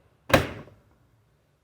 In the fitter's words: you hear that click in that's what you want to hear